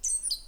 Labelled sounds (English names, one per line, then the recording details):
Stitchbird song
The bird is a male
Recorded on Tiritiri Matangi Island, New Zealand, in 2005
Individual 4, of nest box 4